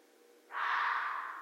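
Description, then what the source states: Red fox uttering one rasping, drawn-out bark after a short quiet pause, holding steady before tapering off. Recorded 13 January 2012.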